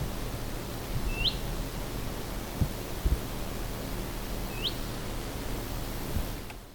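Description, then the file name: Willow warbler calling twice with a rising, whistled 'hweet', the notes about three and a half seconds apart, against constant low background hiss and a few faint knocks. "pajulintu"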